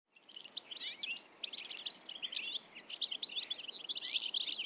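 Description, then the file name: European Goldfinch calls, quick liquid twittering phrases in short bursts separated by brief pauses, over a light background hiss. "Carduelis carduelis"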